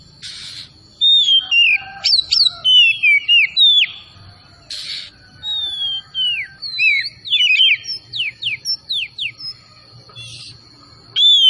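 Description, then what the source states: Oriental magpie-robin singing bright, sweeping whistled notes in quick series, mixed with brief bursts of harsh hissing noise. Tretes kacer singing vigorously (gacor).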